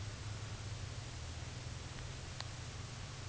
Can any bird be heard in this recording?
no